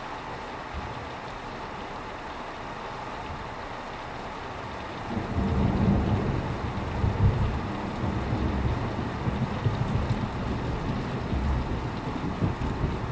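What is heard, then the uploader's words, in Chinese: Rain falls as a steady, dense hiss across the whole clip. Just after five seconds a low rumbling swell comes in, making the sound heavier and fuller, and it stays at that louder level with slight surges until the end. Nothing but just rain。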